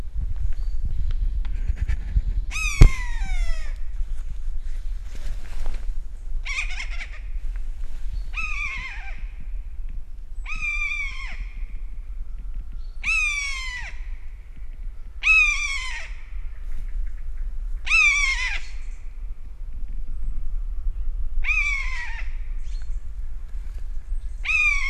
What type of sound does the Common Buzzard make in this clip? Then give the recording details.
call. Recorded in the wild. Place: Niederspree, Niederspreer Teichgebiet, Sachsen, DE. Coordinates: 51.4119, 14.8739. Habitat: coniferous forest. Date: 2008-07-30. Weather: heiter, 20°C, fast windstill. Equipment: Fostex FR2-LE, Sennheiser ME66, Popschutz. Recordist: Frommolt, Karl-Heinz